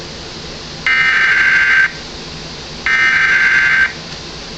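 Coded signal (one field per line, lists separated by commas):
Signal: Emergency Alert System (SAME) tones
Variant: header bursts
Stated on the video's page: Tornado warning on a virtual, simulated EAS station.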